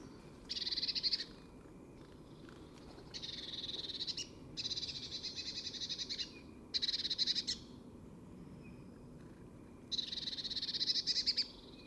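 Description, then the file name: Eurasian blue tit giving buzzy, crackling churrs in bursts of about half a second to two seconds, repeated several times with pauses; faint thin whistle between. "Cyanistes caeruleus"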